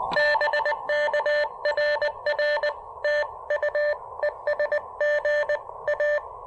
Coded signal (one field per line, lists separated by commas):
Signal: Morse code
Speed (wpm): 19 wpm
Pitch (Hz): 590 Hz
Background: none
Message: BK RR TU ES GA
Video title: POTA Activation: New N0SA portable paddles & the Elecraft AX1 shows off. Again.